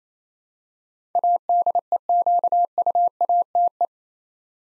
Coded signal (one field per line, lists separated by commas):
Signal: Morse code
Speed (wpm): 27 wpm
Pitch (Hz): 700 Hz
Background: none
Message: ADEQUATE